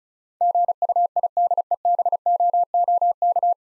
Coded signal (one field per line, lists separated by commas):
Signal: Morse code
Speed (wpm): 36 wpm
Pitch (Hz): 700 Hz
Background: none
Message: GUIDEBOOK